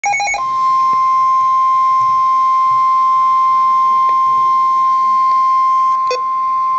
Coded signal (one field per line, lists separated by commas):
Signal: Emergency Alert System (SAME) tones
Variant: 1050 Hz attention tone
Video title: Svr. Tstm. Warning (EAS #425)